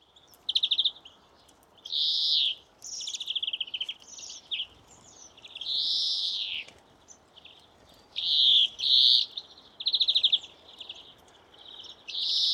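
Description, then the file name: European greenfinch giving a run of buzzy, nasal calls and short twittering bursts, repeated in quick bouts with brief pauses, against a quiet background. "Chloris chloris"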